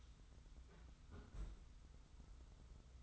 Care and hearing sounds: daily activity, microphone in the room; close fridge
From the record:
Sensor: 3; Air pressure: 991.0 hPa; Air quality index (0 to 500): 121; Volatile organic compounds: 97 ppm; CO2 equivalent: 3736 ppm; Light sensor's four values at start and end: 29/68/27/26 and 29/68/27/26

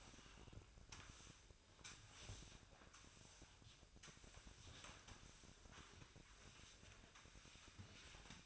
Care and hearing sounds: daily activity, microphone in the room; sweep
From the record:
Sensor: 2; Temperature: 24.5 degrees Celsius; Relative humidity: 39.5%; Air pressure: 1003.0 hPa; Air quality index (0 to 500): 199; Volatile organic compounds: 6 ppm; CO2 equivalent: 1891 ppm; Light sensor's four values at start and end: 11/25/11/12 and 11/26/11/12

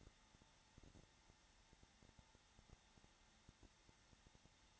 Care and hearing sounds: daily activity, microphone in the room; no activity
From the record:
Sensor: 3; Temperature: 21.3 degrees Celsius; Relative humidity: 33.3%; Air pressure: 994.5 hPa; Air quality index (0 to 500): 168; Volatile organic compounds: 3 ppm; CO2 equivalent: 1459 ppm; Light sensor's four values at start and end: 2/3/2/2 and 2/3/2/2

